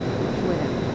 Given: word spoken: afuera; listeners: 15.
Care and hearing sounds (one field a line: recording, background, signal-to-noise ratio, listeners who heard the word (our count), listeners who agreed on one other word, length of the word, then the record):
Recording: one Spanish word in noise, from a listening test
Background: speech-shaped noise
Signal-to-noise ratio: -5.2 dB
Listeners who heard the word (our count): 2 of 15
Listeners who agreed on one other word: 11 of 15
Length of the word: 0.55 s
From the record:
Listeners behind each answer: 11, 2, 1, 1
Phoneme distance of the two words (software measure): 7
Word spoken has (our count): 3 syllables, 6 phonemes, stress on syllable 2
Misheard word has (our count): 2 syllables, 5 phonemes, stress on syllable 1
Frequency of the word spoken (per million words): 32.80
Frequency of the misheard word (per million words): 353.82